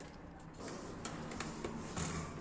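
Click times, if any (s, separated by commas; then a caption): none. A RAM module, the first stick, is handled and pushed toward a motherboard RAM slot. Several short taps and clicks of handling sound at about 1.1, 1.4 and 1.6 seconds over a low steady hum. Nothing has seated or clicked into place yet.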